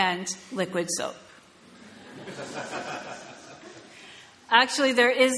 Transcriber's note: laughter